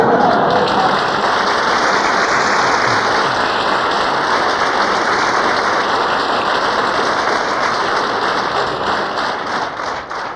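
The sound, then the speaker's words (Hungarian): Loud, dense applause from a big crowd, clapping in a steady rhythm without pause for about ten seconds and easing slightly at the end; no one speaks. “Nagyon köszönjük ezeket a ütemes tapsokat.”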